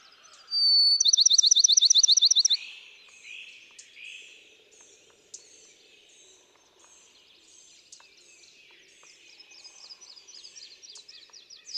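Bachman's sparrow song: a brief whistle then a fast, loud trill lasting about two seconds, followed by quieter slurred notes and faint chips.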